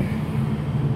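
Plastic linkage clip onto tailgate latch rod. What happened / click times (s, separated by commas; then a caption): The clip is handled but has not clicked home yet / none. A small plastic clip is being handled on the tailgate handle linkage rod of a Volkswagen Transporter T5, which is being fixed because the tailgate isn't working. Only a steady low rumble with a hum around 100–200 Hz is heard, with no distinct clicks or impacts. Nothing has seated or clicked yet.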